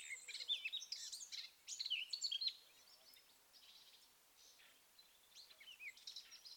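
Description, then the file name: Eurasian blackcap singing a quick, loud warbling phrase, followed by quieter scattered chirps. "Sylvia atricapilla"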